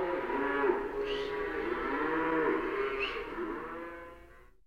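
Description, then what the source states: Cattle lowing in a drawn-out moo that fades away at the end. Cattle mooing in a stockyard.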